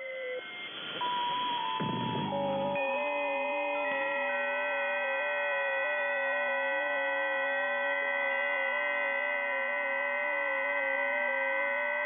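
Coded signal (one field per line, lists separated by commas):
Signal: FT8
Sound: many overlapping soft steady tones stepping slowly in pitch, like chimes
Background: radio static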